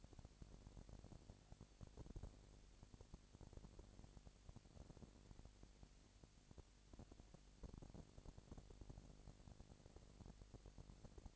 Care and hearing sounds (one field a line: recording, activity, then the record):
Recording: daily activity, microphone in the room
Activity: no activity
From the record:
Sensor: 5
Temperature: 20.1 degrees Celsius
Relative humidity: 38.2%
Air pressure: 998.9 hPa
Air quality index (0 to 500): 218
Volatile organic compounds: 24 ppm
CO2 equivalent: 2811 ppm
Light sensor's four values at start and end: 2/3/1/1 and 2/3/1/1